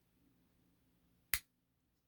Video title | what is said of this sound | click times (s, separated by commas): Using the Scan n cut Foil Transfer Kit | but i'm going to press with my thumb here so you guys can hear it click okay | 1.3 s